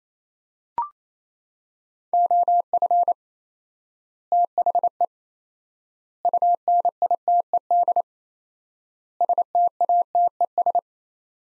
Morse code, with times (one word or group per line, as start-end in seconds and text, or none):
2.1-3.1 OF
4.3-5.0 THE
6.2-8.0 UNITED
9.2-10.8 STATES